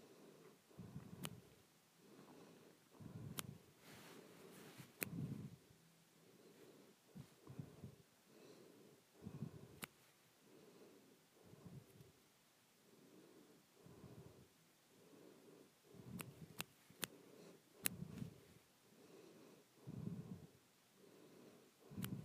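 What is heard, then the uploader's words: Soft breathing rises and falls in low, hushed puffs every second or two, broken by quick, sharp snaps scattered irregularly throughout. ASMR Softly Snapping and Breathing.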